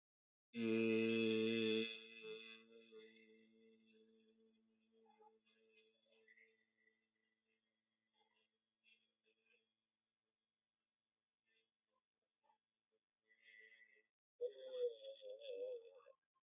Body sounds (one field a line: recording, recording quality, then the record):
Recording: sustained vowel as in made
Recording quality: excellent, no background noise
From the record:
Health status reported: healthy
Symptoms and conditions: none ticked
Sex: male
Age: 41 years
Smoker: not ticked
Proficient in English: yes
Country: India